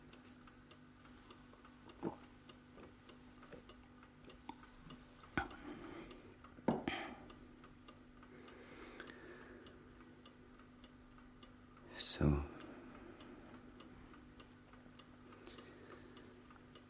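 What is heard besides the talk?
alarm clock ticking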